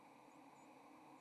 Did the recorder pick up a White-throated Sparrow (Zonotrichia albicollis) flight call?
no